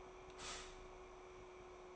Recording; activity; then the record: daily activity, microphone in the room; stop toaster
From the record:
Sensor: 1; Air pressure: 1014.7 hPa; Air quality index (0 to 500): 197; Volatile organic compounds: 31 ppm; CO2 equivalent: 2975 ppm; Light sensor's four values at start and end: 4/9/3/3 and 4/9/3/3